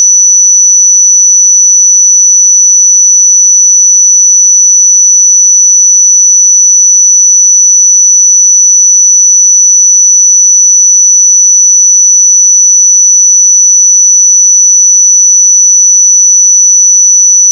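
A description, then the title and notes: A pure sine tone at 5946 Hz holds perfectly steady for the whole eighteen seconds, a single thin, bright, piercing pitch. Its loudness never changes, and nothing else sounds behind it, just the one unbroken tone until it stops abruptly at the end. 5946 Hz 1 Hz Interval Sine Pure Tone Frequency 441000 Sample Mono.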